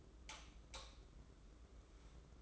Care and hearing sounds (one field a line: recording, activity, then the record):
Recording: daily activity, microphone in the room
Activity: light off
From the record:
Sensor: 3